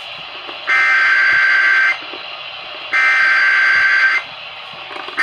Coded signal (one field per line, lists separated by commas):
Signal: Emergency Alert System (SAME) tones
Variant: header bursts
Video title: HERE WE FREAKING GO... EAS Alerts From 5/16/25 (EAS#3,653 - #3,677)